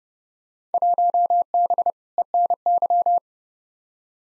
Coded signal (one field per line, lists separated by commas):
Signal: Morse code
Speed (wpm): 31 wpm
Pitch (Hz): 700 Hz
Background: none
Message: 1B ENY